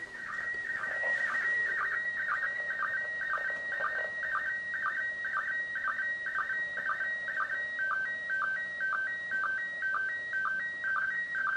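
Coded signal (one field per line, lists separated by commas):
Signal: SSTV (slow-scan television)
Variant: PD 120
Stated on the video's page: Slow scan TV images received from the International Space Station over amateur radio.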